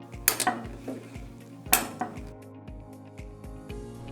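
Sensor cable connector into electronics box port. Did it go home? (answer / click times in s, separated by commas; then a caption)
yes / 0.3 s, 1.7 s. A keyed sensor cable connector is pressed firmly into a port on the back of the electronics box, and its locking clips engage with sharp clicks at 0.3 s and 1.7 s. Softer taps and background music fill the rest of the clip, and the connector is seated.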